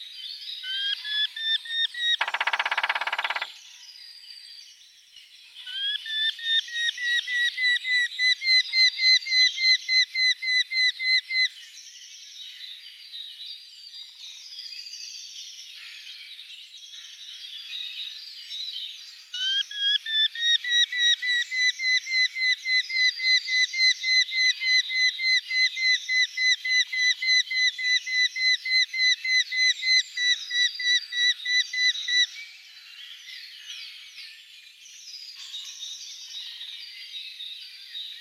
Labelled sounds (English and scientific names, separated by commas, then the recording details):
Eurasian Hobby (Falco subbuteo)
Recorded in the wild
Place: Jägerhof / Breisach am Kaiserstuhl, Baden-Württemberg, DE
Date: 1984-04-22
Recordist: Schwarz, Dieter
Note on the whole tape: Song